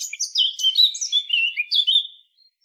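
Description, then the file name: Eurasian blackcap delivering a fast, tumbling warble of mixed squeaky and fluty notes that stops abruptly, followed by silence. "Sylvia atricapilla"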